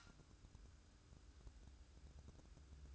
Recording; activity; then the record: daily activity, microphone in the room; light on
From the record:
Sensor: 2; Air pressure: 1007.7 hPa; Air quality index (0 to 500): 72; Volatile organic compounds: 1 ppm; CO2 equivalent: 627 ppm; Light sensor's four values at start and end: 9/20/8/9 and 14/39/16/15